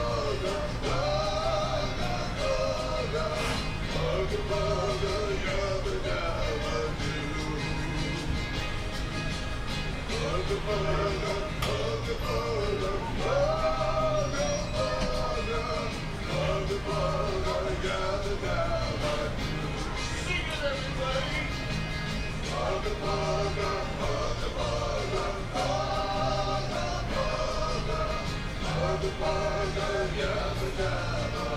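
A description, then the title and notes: A walk through Animal Kingdom, with a dense, steady wash of crowd chatter and voices throughout. Music plays underneath, with clear repeating melodic lines and a low bass pulse, and the overall level stays constant for the whole half minute. Jeremiah takes you into Animal Kingdom for a "WhereinthePark-Style" Walk. Walk in Animal Kingdom.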